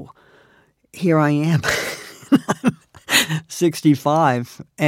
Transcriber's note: laughter